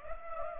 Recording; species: mosquito wingbeat signal from an infrared sensor; Culex pipiens